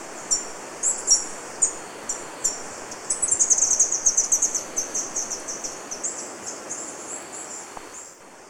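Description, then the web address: Golden-eared tanager calls: scattered high chips that run into a fast, thin twittering series, then slow and fade, with a steady insect buzz in the background. Ecuador. "Birds of Ecuador 09 Golden-eared Tanager"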